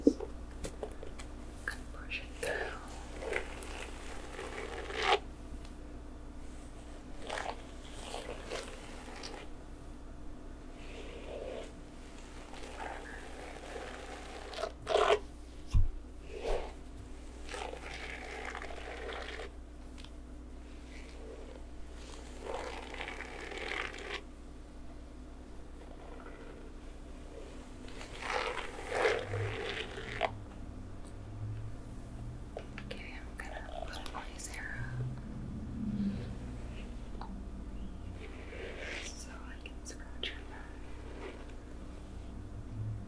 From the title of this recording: rainy day hair play back scratch & massage